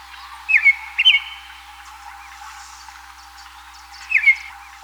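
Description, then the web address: Black-backed grosbeak song: three short, bright whistled phrases, two close together near the start and one more after a pause of about three seconds. Ecuador. "Birds of Ecuador. Black-Backed Grosbeak"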